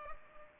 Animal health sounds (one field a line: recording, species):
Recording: mosquito wingbeat signal from an infrared sensor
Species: Culex pipiens